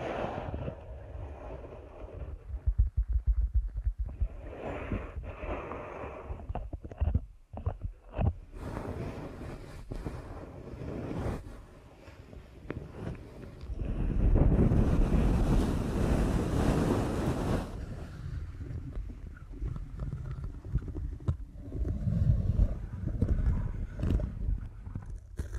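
Deep ear canal massage with low, muffled rubbing and pressing sounds that swell and fade unevenly. Short bursts of scratchy contact break up the first eight seconds, and a louder, denser stretch of rubbing runs from about 14 to 18 seconds.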